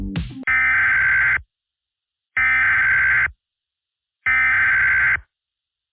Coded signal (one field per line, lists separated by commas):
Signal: Emergency Alert System (SAME) tones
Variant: header bursts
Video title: mini eas scenario: the blobs in la